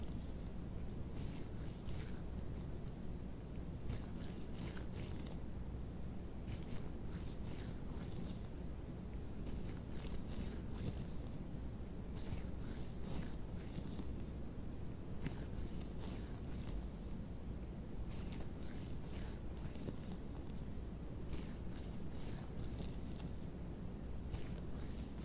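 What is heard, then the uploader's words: Latex gloves rub and crackle with hand movements in short bright bursts every second or so, over a constant deep rumble. ASMR LATEX GLOVES SOUNDS AND HAND MOVEMENTS - NO TALKING - GLOVES SCRATCHING, RUBBER GLOVE.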